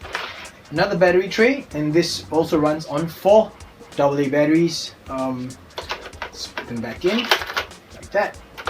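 Someone talks while putting four AA batteries back into the battery tray of a toy foam-dart blaster, with short sharp handling knocks around 5.8 to 6.6 seconds. The plastic tray cover, which clicks into place so it stays put even if a screw is lost, is being handled toward the blaster body. It has not seated or clicked in yet by the end.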